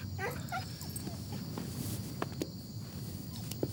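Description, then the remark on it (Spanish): A small female dog, commanded to sit and show what she can do, lets out a few high, wavering whimpers followed by short yips and barks, over a low background rumble with a couple of sharp taps. “Buena chica, Molly. Qué perrita más lista.”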